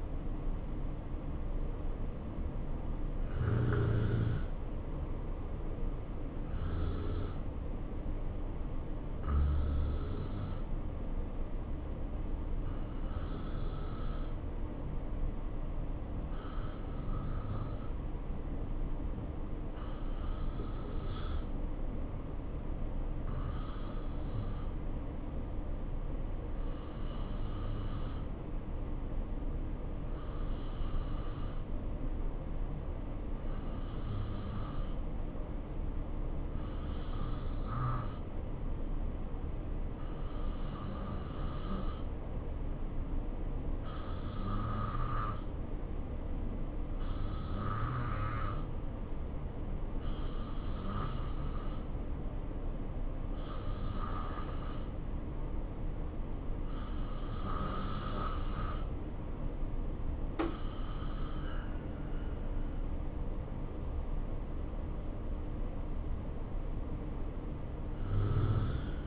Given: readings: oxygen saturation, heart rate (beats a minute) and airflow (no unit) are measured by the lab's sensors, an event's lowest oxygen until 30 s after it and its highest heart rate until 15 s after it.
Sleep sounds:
breathing in sleep by a smartphone at the bedside; 1
7.00-64.10 s: hypopnea (N2, oxygen 94% highest, then 90% lowest, heart rate 67 at the start, 70 highest)
From the record:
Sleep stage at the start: N2 (light sleep); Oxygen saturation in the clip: 89 to 94%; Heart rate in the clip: 64 to 70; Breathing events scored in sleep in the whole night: 277 in 7.4 hours asleep

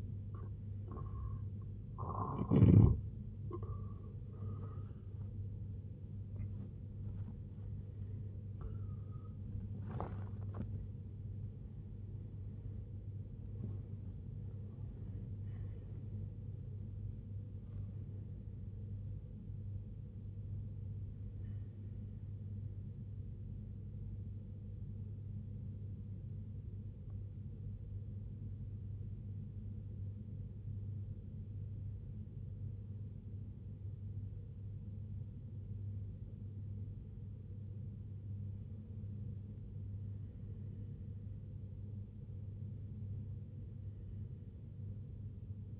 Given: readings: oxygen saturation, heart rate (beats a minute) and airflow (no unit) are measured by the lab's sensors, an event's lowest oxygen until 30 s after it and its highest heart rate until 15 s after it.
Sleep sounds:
breathing in sleep by a smartphone at the bedside; 1
16.00-45.80 s: new sleep stage, N1 (lightest sleep)
23.00-41.60 s: hypopnea (N1, oxygen 97% highest, then 91% lowest, heart rate 87 at the start, 87 highest)
From the record:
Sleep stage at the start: N2 (light sleep); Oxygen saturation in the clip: 88 to 97%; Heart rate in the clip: 65 to 97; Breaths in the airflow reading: 9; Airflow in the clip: -10.6 to 11.8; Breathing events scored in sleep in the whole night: 258 in 7.4 hours asleep

